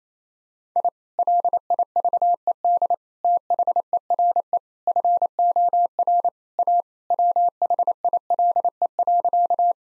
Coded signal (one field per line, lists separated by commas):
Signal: Morse code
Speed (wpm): 28 wpm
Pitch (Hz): 700 Hz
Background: none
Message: I LIVED THERE FOR A WHILE.